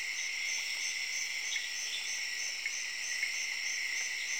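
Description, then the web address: Crickets in a dense, steady chorus of high pulsing chirps, a continuous shimmering trill with a regular beat throughout, with occasional faint clicks. Crickets calling together with tree frogs in Zaire, Africa. "BBC Sound Effects Library. Zaire, Tree Frogs And Crickets"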